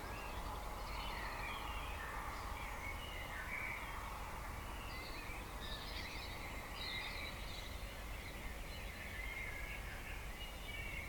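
A dawn chorus of many birds chirping and warbling at once, their overlapping calls forming a dense, busy layer of bright sound throughout. Beneath them runs a steady low rumble that stays even from start to finish.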